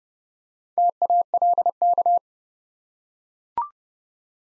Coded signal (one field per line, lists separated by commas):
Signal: Morse code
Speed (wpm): 30 wpm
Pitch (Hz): 700 Hz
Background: none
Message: TALK